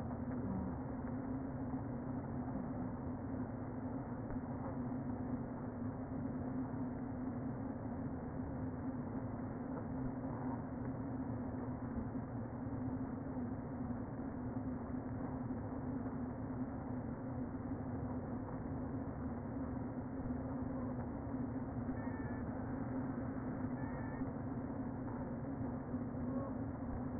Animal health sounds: honeybee colony, microphone inside the hive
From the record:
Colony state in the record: queen present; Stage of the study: before two queens were removed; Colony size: about 60,000 bees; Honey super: yes

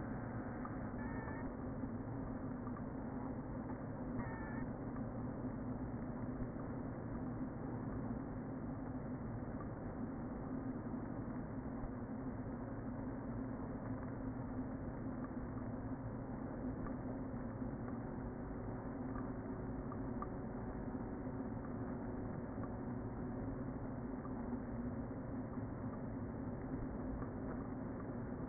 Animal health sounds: honeybee colony, microphone inside the hive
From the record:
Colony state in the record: queen present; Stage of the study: before two queens were removed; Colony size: about 60,000 bees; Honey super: yes

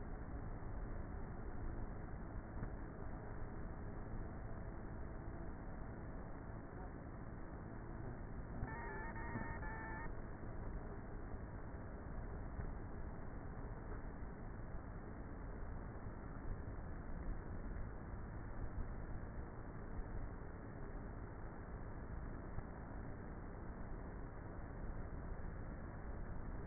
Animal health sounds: honeybee colony, microphone inside the hive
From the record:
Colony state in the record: queenless with a low population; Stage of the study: before two queens were removed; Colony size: about 30,000 bees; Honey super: no

